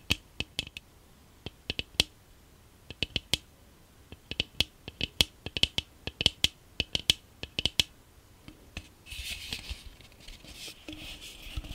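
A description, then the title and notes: Ear cleaning sounds: crisp little clicks and snips come in quick, uneven bursts for the first eight seconds or so. After a short pause, a soft, bright scratching rustle takes over and continues to the end. Ear Cleaning & Trigger Assortment.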